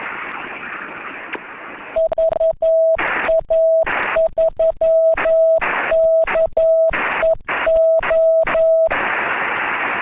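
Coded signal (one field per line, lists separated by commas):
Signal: Morse code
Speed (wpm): 11 wpm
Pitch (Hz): 650 Hz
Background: none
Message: VA3KEO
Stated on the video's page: CW sent by net control during a simulated emergency test net on 7.130 MHz, 300 W into a vertical antenna, with CW at 10 and 15 WPM.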